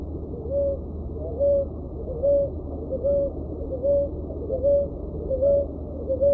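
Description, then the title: Dove uttering a series of short mellow hoot-like notes at a regular pace, a little more than one per second, against low humming noise. "Juriti"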